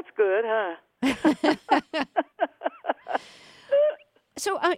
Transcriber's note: laughter